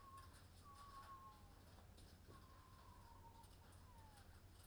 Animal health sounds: poultry house recording; healthy chickens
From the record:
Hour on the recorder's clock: 21

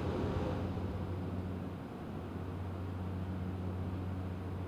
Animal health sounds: poultry house recording; no chicken sound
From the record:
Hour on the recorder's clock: 21

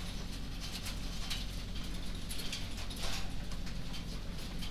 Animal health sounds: poultry house recording; no chicken sound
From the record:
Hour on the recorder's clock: 21

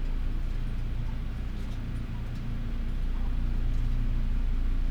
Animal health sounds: poultry house recording; healthy chickens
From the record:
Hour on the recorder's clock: 12

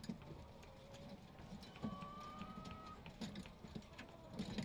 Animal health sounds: poultry house recording; healthy chickens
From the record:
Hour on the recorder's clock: 20

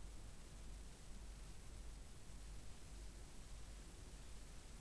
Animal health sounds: poultry house recording; no chicken sound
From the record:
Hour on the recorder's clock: 22

